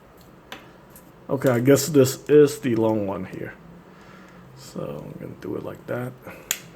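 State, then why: Seated. The long plastic arm piece of a black Bandai Gunpla Action Base 4 display stand is pushed into its joint while someone talks. A single sharp snap at 6.5 s shows the arm has clicked in and seated, meaning it is connected properly.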